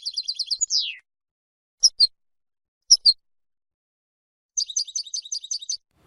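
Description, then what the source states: European goldfinches twittering: a fast tinkling burst and a dropping note, then two pairs of short chirps, then another rapid liquid twitter near the end. Calls of a small group of goldfinches, known as a charm.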